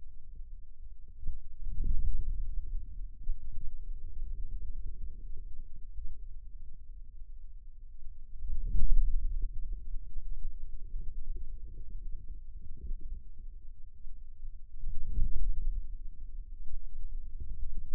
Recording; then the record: forearm muscle sounds (acoustic myography)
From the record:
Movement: outward rotation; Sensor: system 2, bracelet of six BSWA MPA416 microphones around the upper forearm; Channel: 1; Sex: male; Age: 22 years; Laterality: right